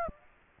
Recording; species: mosquito wingbeat signal from an infrared sensor; Aedes aegypti